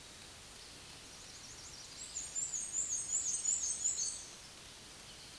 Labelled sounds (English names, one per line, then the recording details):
Black-and-white Warbler song
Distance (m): 20 m
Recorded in a Pennsylvania forest on 20 May 2023 at 06:53
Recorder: AudioMoth, point grid1_9_low
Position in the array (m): 76 m, 120 m